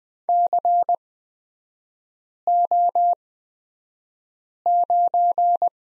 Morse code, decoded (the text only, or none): CO9